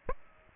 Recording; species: mosquito wingbeat signal from an infrared sensor; Aedes aegypti